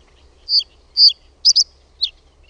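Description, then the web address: Reed bunting singing a brief phrase: two high clear notes, a rapid doubled note, then a final falling note, with a quiet background. "OMAT AANITYKSET PAJUSIRKKU"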